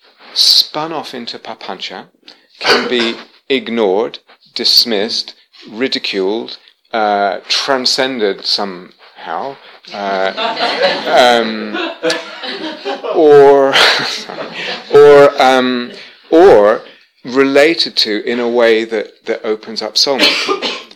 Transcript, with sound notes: spun off into papañca, can be ignored, dismissed, ridiculed, transcended somehow... [laughter] or related to in a way that opens up soulmaking.